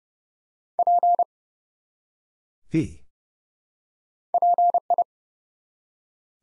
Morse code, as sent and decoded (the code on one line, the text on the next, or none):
.--. / .--. ..
P PI